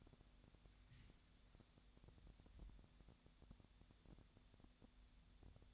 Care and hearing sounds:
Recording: daily activity, microphone in the room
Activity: wipe stove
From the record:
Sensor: 3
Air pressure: 1007.0 hPa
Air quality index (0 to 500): 204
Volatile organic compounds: 18 ppm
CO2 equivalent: 2622 ppm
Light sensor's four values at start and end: 12/28/12/11 and 12/28/12/11

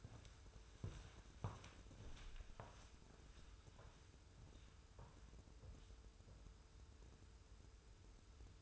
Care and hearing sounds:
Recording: daily activity, microphone in the room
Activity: walk to room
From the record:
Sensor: 2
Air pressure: 994.3 hPa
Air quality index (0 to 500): 208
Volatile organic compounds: 1000 ppm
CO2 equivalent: 6836 ppm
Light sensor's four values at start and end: 39/88/38/38 and 68/157/65/65

